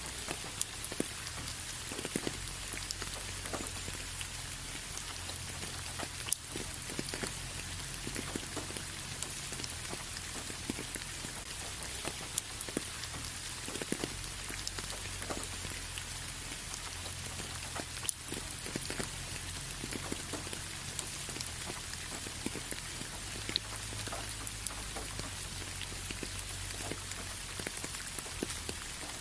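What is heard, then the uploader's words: Steady spring rain falls for the whole stretch, a dense even hiss with frequent sharp drops tapping on a hard surface. A faint low hum runs underneath, possibly traffic, and the level barely changes throughout. Early Morning Calming Spring Rain Sound. The sound of rain in spring is a white noise ASMR.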